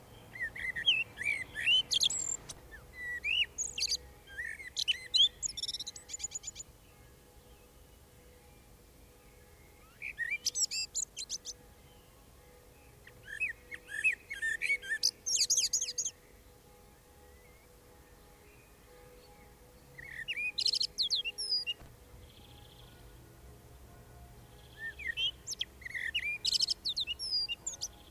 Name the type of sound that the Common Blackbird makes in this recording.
song